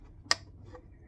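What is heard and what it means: The plastic foot of a Dahua 19-inch (18.5-inch) monitor stand is twisted onto the stand neck until it twist-locks into place. A sharp, loud click sounds at 0.3 s, followed by a faint softer tick at about 0.8 s. The foot is seated and locked.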